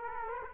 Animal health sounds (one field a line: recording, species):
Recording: mosquito wingbeat signal from an infrared sensor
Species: Culex quinquefasciatus